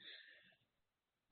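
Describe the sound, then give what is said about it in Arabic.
A single sharp sneeze bursts out with a loud, hissy rush of breath, then fades quickly into quiet, with a brief breathy noise at the very end. “الحمد لله، رحمك الله.”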